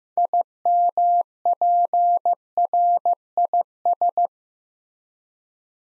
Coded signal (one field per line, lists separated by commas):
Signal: Morse code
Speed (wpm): 15 wpm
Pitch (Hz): 700 Hz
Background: none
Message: IMPRIS